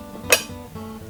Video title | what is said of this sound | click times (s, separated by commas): DIY Chess Board With Secret Compartment part 2 | can hear it click up and now the door pushes out so | 0.3 s